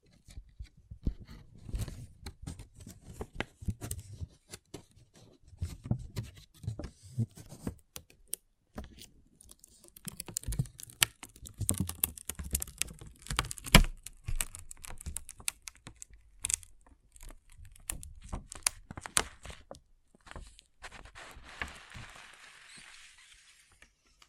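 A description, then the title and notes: Small pixel art beads click and clatter in quick, irregular bursts, with soft low bumps under the early handling. The rattling turns densest between about ten and seventeen seconds, then gives way to a smoother pouring hiss that fades near the end. ASMR Relaxing Pixel Art Beads ( No Talking).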